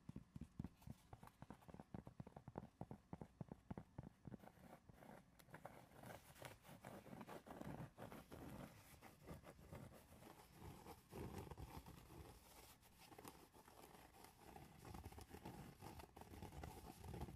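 Rapid, irregular tapping fills the first half, clicks tumbling over each other, then gives way to denser scratching and scraping with scattered taps.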